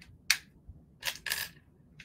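Another plastic LEGO brick is pressed onto a model shuttle and seats with a sharp click at 0.3 s. Softer broadband rustles follow around 1.0–1.5 s and a faint tick at about 2.0 s. The brick is confirmed clicked into place.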